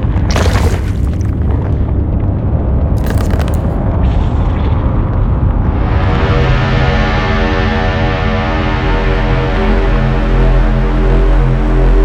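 A heavy explosion-like roar opens, with crackling bursts of debris near the start and again around three seconds over a dense, deep rumble. After about six seconds it settles into a loud, steady machine drone of stacked humming tones with a low throb underneath.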